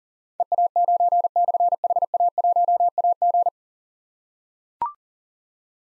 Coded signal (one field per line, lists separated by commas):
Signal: Morse code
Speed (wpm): 40 wpm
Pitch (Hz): 700 Hz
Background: none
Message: EA9/HA1AG